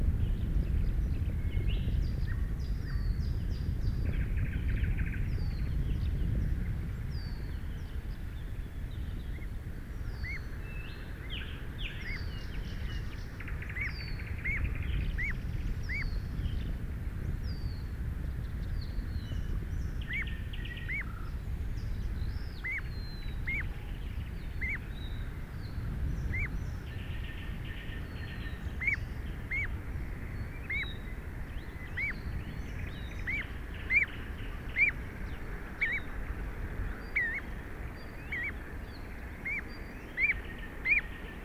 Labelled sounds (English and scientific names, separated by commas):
Common Ringed Plover (Charadrius hiaticula) call